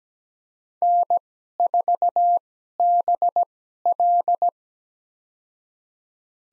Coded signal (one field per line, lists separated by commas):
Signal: Morse code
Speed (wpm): 17 wpm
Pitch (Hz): 700 Hz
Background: none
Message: N4BL